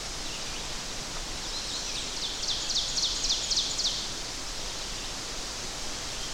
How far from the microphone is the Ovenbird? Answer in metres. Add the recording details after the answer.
about 40 m. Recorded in boreal forest in Alberta, Canada, on 10 June 2016 at 06:55. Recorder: SongMeter 3, array SBT-3-39. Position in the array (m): 198 m, 75 m. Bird 17